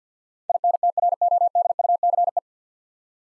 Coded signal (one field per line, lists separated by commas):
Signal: Morse code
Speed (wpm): 51 wpm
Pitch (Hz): 700 Hz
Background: none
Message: INTRODUCE